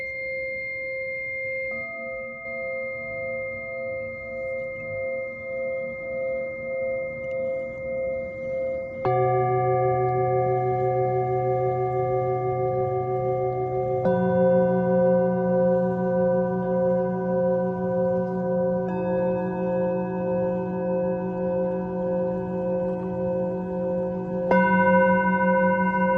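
Singing bowls ring with long, steady sustained tones, new strikes at about 9, 14 and 24 seconds adding lower, fuller layers that overlap.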